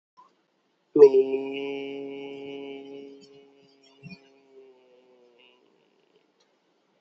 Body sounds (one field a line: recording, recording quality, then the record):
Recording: sustained vowel as in made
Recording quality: excellent, no background noise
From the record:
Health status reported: healthy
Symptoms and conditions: none ticked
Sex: male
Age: 28 years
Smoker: not ticked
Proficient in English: yes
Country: India